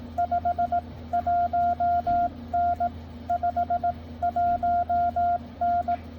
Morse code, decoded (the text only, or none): 51N 51N